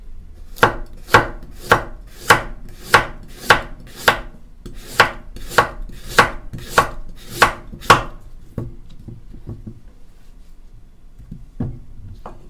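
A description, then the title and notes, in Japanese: Cooking sounds: a steady run of sharp knife chops on a board, about two per second, stopping near eight seconds, then a few soft taps. 調理音のみ。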